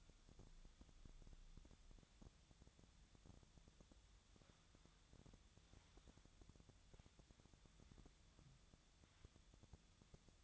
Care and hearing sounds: daily activity, microphone in the room; wipe stove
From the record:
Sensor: 3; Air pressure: 1004.8 hPa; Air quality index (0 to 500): 79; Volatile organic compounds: 2 ppm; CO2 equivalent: 1186 ppm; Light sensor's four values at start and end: 8/19/7/7 and 8/18/7/7

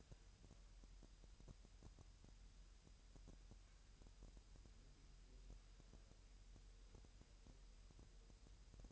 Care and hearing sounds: daily activity, microphone in the room; wipe stove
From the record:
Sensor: 2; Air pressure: 1000.8 hPa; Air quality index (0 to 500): 249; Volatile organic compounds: 99 ppm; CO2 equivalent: 3748 ppm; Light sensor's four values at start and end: 10/23/9/10 and 10/23/10/10

